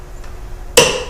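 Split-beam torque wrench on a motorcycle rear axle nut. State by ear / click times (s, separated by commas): torque reached / 0.8 s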